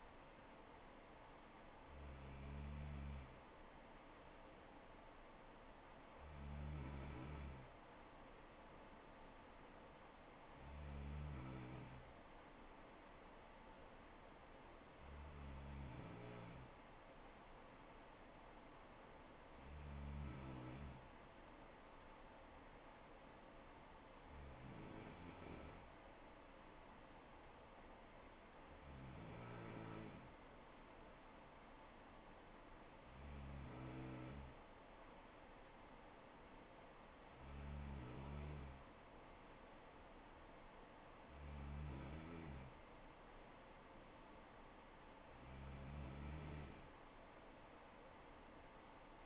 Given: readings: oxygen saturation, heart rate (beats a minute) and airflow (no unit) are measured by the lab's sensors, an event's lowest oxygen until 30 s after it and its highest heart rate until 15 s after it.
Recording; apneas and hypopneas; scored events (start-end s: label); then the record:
breathing in sleep by a voice recorder at the bedside; none
none scored
From the record:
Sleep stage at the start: N3 (deep sleep); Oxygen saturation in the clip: 94 to 95%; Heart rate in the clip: 64 to 69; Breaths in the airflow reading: 11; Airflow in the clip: -3.7 to 2.8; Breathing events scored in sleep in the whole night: 79 in 6.3 hours asleep